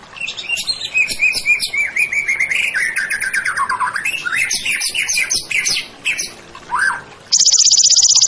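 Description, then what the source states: White-rumped shama song: a long run of varied whistled and warbled notes, some falling, with a short downslurred whistle, then an abrupt loud high trill. Masteran song-tutoring recording of a champion white-rumped shama, used to train songbirds.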